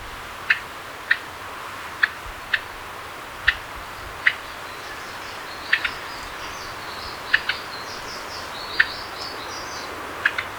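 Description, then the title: Black-crested warbler giving sharp short chip notes at irregular intervals, with faint higher twittering in the background. "Myiothlypis Nigrocristata"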